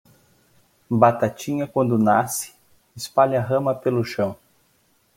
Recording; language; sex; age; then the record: short text; Brazilian Portuguese; male; 40 to 49 years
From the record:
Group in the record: control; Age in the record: 46 years